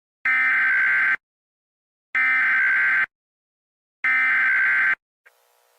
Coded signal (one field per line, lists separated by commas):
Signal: Emergency Alert System (SAME) tones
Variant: header bursts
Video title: Angry EAS: Tornado Warning